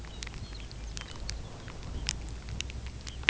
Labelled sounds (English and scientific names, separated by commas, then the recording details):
Lapland Longspur (Calcarius lapponicus), Red Phalarope (Phalaropus fulicarius)
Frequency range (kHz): Red Phalarope (Phalaropus fulicarius) 2.3-4.0 kHz
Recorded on Arctic tundra, site UTQI-5, on 13 June 2019
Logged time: 18:00